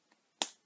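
A plastic cap is snapped onto a second lip balm tube to compare it with the reviewed balm, whose cap never clicks into place. After a faint tap at about 0.1 s, a sharp, bright click sounds at 0.4 s, showing that this cap seats properly as a normal cap should.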